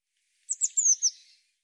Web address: cianscape birddata Deverinetal 2025 Bird Cy Ca Cy Ca